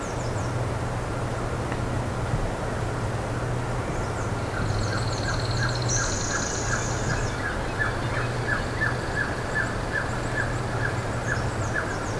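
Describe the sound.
Bird calls: faint downslurred notes repeated many times, growing clearer in the second half, with a high thin whistle in the middle and a steady low hum throughout.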